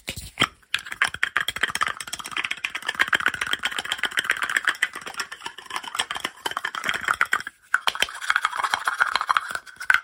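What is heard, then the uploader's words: Fast, aggressive lo-fi tapping and scratching fills the clip with dense, rapid clicks and rasping strokes. The sound is bright and gritty, with a steady rough texture broken by brief pauses near the start and around eight seconds before the busy scratching resumes. ASMR Fast And Aggressive Lofi Sounds (Tapping, Scratching,.) No Talking.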